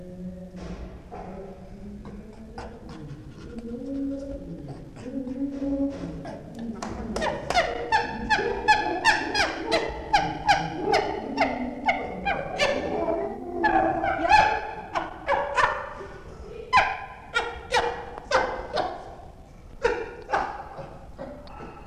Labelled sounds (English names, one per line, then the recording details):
Chimpanzee
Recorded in captivity
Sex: diverse
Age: adult
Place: Tierpark Berlin, Berlin, DE
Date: 1966-04-06
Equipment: Grundig TK 1 Luxus
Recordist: unbekannt, keine Angabe